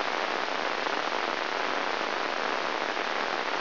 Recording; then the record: brain microelectrode recording played as sound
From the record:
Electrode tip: inside the subthalamic nucleus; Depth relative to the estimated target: 0.1 mm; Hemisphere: left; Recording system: AlphaMap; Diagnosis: Parkinson's disease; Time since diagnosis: 21 years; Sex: female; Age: 61 years